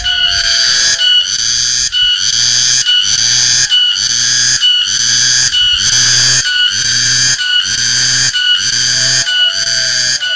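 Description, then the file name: Cicada producing a loud, buzzing drone in many regular bursts with short gaps between them. "tonggeret"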